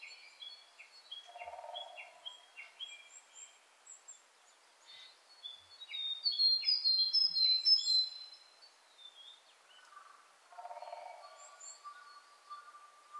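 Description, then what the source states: Willow tit calls: a quick run of short repeated notes, with other bird sounds overlapping later. Recorded on 21 April 1998.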